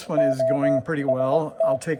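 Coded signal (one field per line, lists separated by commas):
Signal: Morse code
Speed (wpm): 20 wpm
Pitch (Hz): 660 Hz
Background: speech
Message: OST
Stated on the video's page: HB-1B QRP radios under repair, one with low one-watt transmit output, during a power-on test.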